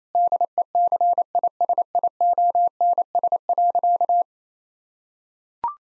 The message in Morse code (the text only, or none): DECISIONS.